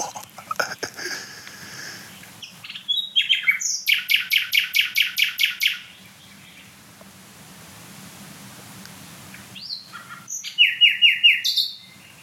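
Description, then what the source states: Common Nightingale song: a rapid run of loud, evenly repeated notes, a quiet gap, then a whistled lead-in and another fast repeated burst, over a faint low hum. A very loud singing nightingale, smaller than a blackbird, with a gurgling element; recorded between two dense self-declared core zones full of deadwood.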